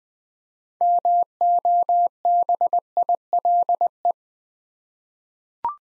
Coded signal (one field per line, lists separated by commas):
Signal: Morse code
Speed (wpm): 20 wpm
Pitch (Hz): 700 Hz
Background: none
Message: MOBILE